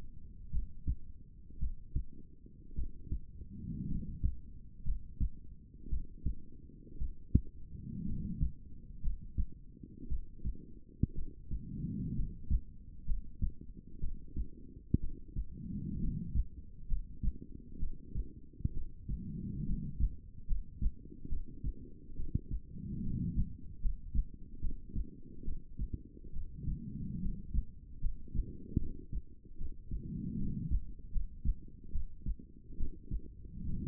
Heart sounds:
heart sounds by stethoscope; 65 bpm
0.50 s: heartbeat
1.58 s: heartbeat
2.74 s: heartbeat
3.86 s: heartbeat
4.83 s: heartbeat
5.88 s: heartbeat
6.97 s: heartbeat
8.03 s: heartbeat
9.00 s: heartbeat
10.07 s: heartbeat
11.13 s: heartbeat
12.14 s: heartbeat
13.04 s: heartbeat
13.99 s: heartbeat
14.99 s: heartbeat
15.98 s: heartbeat
16.87 s: heartbeat
17.78 s: heartbeat
18.72 s: heartbeat
19.64 s: heartbeat
20.46 s: heartbeat
21.28 s: heartbeat
22.15 s: heartbeat
23.01 s: heartbeat
23.80 s: heartbeat
24.60 s: heartbeat
25.43 s: heartbeat
26.32 s: heartbeat
27.19 s: heartbeat
27.99 s: heartbeat
28.77 s: heartbeat
29.56 s: heartbeat
30.37 s: heartbeat
31.11 s: heartbeat
31.91 s: heartbeat
32.76 s: heartbeat
33.64 s: heartbeat
From the record:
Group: healthy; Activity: rest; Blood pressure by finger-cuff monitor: 113/62 mmHg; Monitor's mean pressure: 81 mmHg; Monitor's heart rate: 67 bpm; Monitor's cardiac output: 6.9 L/min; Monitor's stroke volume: 106 mL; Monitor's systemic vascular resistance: 840 dyn s/cm5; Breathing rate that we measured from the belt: 16 breaths a minute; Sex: female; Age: 23 years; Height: 160 cm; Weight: 50.4 kg

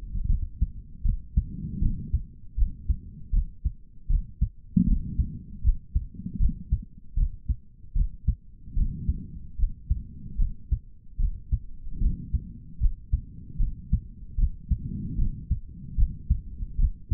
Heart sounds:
heart sounds by stethoscope; 76 bpm
0.27 s: heartbeat
1.03 s: heartbeat
1.80 s: heartbeat
2.55 s: heartbeat
3.31 s: heartbeat
4.08 s: heartbeat
4.85 s: heartbeat
5.62 s: heartbeat
6.38 s: heartbeat
7.15 s: heartbeat
7.93 s: heartbeat
8.74 s: heartbeat
9.57 s: heartbeat
10.37 s: heartbeat
11.17 s: heartbeat
11.99 s: heartbeat
12.79 s: heartbeat
13.57 s: heartbeat
14.36 s: heartbeat
15.16 s: heartbeat
15.96 s: heartbeat
16.77 s: heartbeat
From the record:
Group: healthy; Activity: rest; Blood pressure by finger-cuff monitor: 125/78 mmHg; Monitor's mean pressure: 94 mmHg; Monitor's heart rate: 77 bpm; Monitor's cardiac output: 4.1 L/min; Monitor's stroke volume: 54 mL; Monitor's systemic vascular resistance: 1680 dyn s/cm5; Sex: male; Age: 55 years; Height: 167 cm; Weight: 57.2 kg

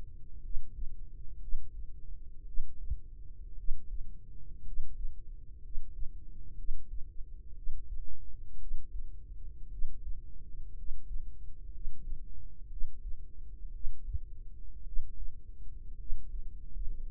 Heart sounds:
heart sounds by microphone in the right ear; 58 bpm
0.39 s: heartbeat
1.38 s: heartbeat
2.43 s: heartbeat
3.54 s: heartbeat
4.61 s: heartbeat
5.59 s: heartbeat
6.54 s: heartbeat
7.52 s: heartbeat
8.56 s: heartbeat
9.67 s: heartbeat
10.73 s: heartbeat
11.69 s: heartbeat
12.67 s: heartbeat
13.70 s: heartbeat
14.82 s: heartbeat
15.95 s: heartbeat
17.00 s: heartbeat
From the record:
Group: healthy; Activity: rest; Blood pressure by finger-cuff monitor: 95/48 mmHg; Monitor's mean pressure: 60 mmHg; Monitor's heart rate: 58 bpm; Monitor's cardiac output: 5.2 L/min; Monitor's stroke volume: 88 mL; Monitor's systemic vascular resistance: 820 dyn s/cm5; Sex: male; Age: 25 years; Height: 170 cm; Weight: 70.4 kg

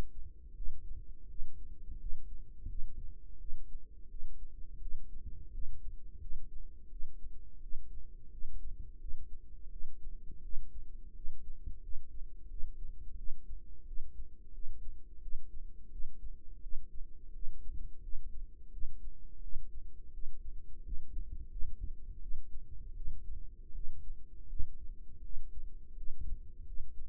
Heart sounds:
heart sounds by microphone in the right ear; 85 bpm
0.54 s: heartbeat
1.28 s: heartbeat
1.98 s: heartbeat
2.68 s: heartbeat
3.39 s: heartbeat
4.09 s: heartbeat
4.80 s: heartbeat
5.52 s: heartbeat
6.19 s: heartbeat
6.90 s: heartbeat
7.61 s: heartbeat
8.31 s: heartbeat
8.99 s: heartbeat
9.70 s: heartbeat
10.42 s: heartbeat
11.14 s: heartbeat
11.81 s: heartbeat
12.48 s: heartbeat
13.16 s: heartbeat
13.86 s: heartbeat
14.53 s: heartbeat
15.21 s: heartbeat
15.90 s: heartbeat
16.61 s: heartbeat
17.33 s: heartbeat
18.01 s: heartbeat
18.71 s: heartbeat
19.41 s: heartbeat
20.12 s: heartbeat
20.83 s: heartbeat
21.49 s: heartbeat
22.20 s: heartbeat
22.95 s: heartbeat
23.73 s: heartbeat
24.48 s: heartbeat
25.22 s: heartbeat
25.95 s: heartbeat
26.65 s: heartbeat
From the record:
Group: healthy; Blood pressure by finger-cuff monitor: 101/59 mmHg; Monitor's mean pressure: 72 mmHg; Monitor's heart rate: 85 bpm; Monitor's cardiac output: 7.5 L/min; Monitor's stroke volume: 87 mL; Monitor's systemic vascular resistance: 690 dyn s/cm5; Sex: female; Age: 22 years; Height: 157 cm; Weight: 47.6 kg

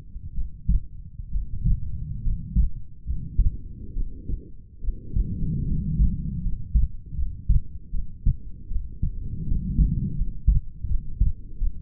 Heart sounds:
heart sounds by stethoscope; 75 bpm
0.33 s: heartbeat
1.30 s: heartbeat
2.21 s: heartbeat
3.04 s: heartbeat
3.93 s: heartbeat
4.80 s: heartbeat
5.65 s: heartbeat
6.41 s: heartbeat
7.14 s: heartbeat
7.91 s: heartbeat
8.67 s: heartbeat
9.44 s: heartbeat
10.15 s: heartbeat
10.86 s: heartbeat
11.58 s: heartbeat
From the record:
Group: healthy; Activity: rest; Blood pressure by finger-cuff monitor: 90/64 mmHg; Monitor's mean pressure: 72 mmHg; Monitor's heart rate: 79 bpm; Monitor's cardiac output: 5.4 L/min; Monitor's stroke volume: 70 mL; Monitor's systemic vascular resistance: 970 dyn s/cm5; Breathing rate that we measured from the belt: 16 breaths a minute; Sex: female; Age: 22 years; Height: 160 cm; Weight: 45 kg

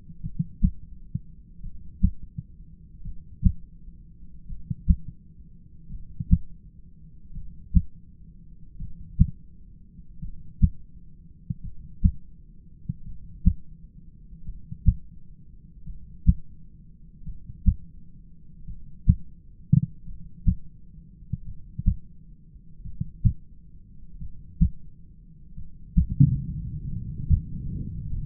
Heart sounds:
heart sounds by stethoscope; 43 bpm
0.22 s: heartbeat
1.62 s: heartbeat
3.03 s: heartbeat
4.47 s: heartbeat
5.89 s: heartbeat
7.33 s: heartbeat
8.77 s: heartbeat
10.20 s: heartbeat
11.62 s: heartbeat
13.04 s: heartbeat
14.44 s: heartbeat
15.85 s: heartbeat
17.24 s: heartbeat
18.65 s: heartbeat
20.05 s: heartbeat
21.44 s: heartbeat
22.82 s: heartbeat
24.19 s: heartbeat
25.55 s: heartbeat
26.88 s: heartbeat
28.09 s: heartbeat
From the record:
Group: heart failure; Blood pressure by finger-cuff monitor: 101/58 mmHg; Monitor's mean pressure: 71 mmHg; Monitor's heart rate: 43 bpm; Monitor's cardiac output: 5 L/min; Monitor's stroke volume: 118 mL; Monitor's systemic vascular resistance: 1020 dyn s/cm5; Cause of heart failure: dilated cardiomyopathy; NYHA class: 2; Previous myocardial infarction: absent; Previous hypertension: absent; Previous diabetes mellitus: absent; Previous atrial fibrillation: absent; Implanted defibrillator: absent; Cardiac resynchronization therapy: absent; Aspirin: absent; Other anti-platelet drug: absent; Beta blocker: bisoprolol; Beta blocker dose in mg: 10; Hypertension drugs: sacubitril-valsartan, spironolactone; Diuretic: furosemide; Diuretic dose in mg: 40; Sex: male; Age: 29 years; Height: 174 cm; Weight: 92 kg

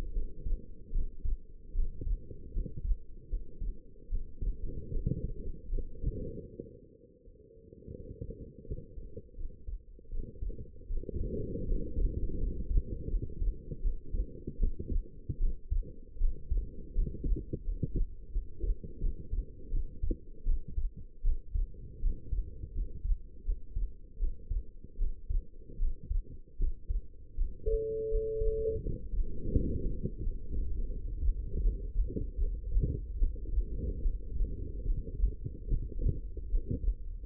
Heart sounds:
heart sounds by stethoscope; 79 bpm
0.12 s: heartbeat
0.91 s: heartbeat
1.73 s: heartbeat
2.52 s: heartbeat
3.28 s: heartbeat
4.08 s: heartbeat
4.90 s: heartbeat
5.70 s: heartbeat
6.50 s: heartbeat
7.24 s: heartbeat
7.96 s: heartbeat
8.65 s: heartbeat
9.36 s: heartbeat
10.10 s: heartbeat
10.88 s: heartbeat
11.66 s: heartbeat
12.39 s: heartbeat
13.09 s: heartbeat
13.81 s: heartbeat
14.58 s: heartbeat
15.38 s: heartbeat
16.18 s: heartbeat
16.93 s: heartbeat
17.63 s: heartbeat
18.31 s: heartbeat
19.00 s: heartbeat
19.70 s: heartbeat
20.44 s: heartbeat
21.22 s: heartbeat
22.00 s: heartbeat
22.73 s: heartbeat
23.44 s: heartbeat
24.18 s: heartbeat
24.97 s: heartbeat
25.78 s: heartbeat
26.57 s: heartbeat
27.35 s: heartbeat
28.09 s: heartbeat
28.81 s: heartbeat
29.51 s: heartbeat
30.21 s: heartbeat
30.90 s: heartbeat
31.62 s: heartbeat
32.38 s: heartbeat
33.18 s: heartbeat
34.02 s: heartbeat
34.85 s: heartbeat
35.68 s: heartbeat
36.50 s: heartbeat
From the record:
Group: healthy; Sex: female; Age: 19 years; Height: 163 cm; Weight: 51 kg

